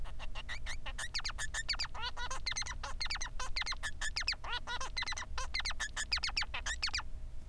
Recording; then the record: song of a male Bengalese finch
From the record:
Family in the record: son of father 3